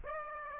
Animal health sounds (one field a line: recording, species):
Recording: mosquito wingbeat signal from an infrared sensor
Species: Aedes aegypti